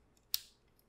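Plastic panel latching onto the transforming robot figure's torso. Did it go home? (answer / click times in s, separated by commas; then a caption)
yes / 0.3 s. A plastic panel on a Transformers Masterpiece MP-44 Convoy 3.0 (Optimus Prime) figure is collapsed up and pressed onto the robot's torso. A faint tick at 0.2 s is followed by a single sharp, bright plastic snap at 0.3 s that fades quickly. The panel latches into place.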